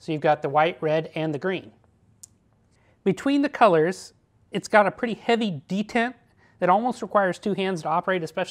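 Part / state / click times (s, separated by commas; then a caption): rotating LED head detent on a flashlight body / seated / 2.2 s. Someone talks while the rotating LED head of a Jetbeam WL20 tri-colour hunting flashlight is turned around its body through a heavy detent to its next colour position among white, red and green. A single sharp click at 2.2 s marks the head seating into place.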